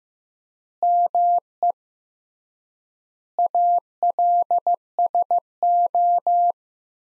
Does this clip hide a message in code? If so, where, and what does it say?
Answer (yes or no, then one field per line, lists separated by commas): yes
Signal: Morse code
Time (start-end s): 0.8-6.5 s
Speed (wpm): 15 wpm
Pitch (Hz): 700 Hz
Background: none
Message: ME ALSO